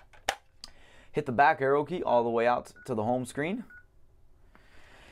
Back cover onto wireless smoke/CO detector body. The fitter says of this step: And then you twist it clockwise, and it locks into place.